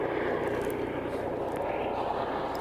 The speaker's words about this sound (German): Hubschrauber. Ich sehe ihn ja sogar. Dafür, dass ich ihn sehe, ist aber verdammt leise.